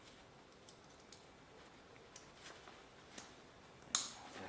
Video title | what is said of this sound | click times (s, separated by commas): TETON Sports Oasis 18L Hydration Pack with Free 2-Liter water bladder | That snaps in place. | 3.9 s